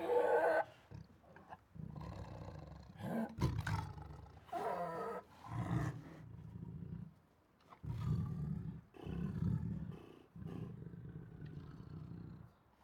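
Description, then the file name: Siberian tiger growling and snarling in rough, low rumbling bursts separated by short pauses. Protective growls, roars and snarls. "Siberian Tiger Protective Growls, Roars and Snarls 1 [Sound Ideas]"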